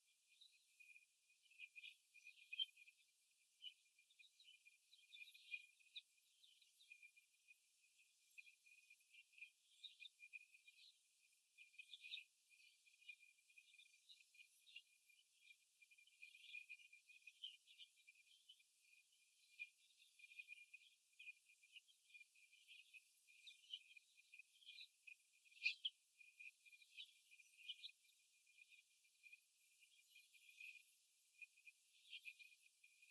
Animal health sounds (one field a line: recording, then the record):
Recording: young laying hens in a cage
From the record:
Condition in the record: after the stressor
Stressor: simulated dog barking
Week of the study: 1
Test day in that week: 2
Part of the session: 2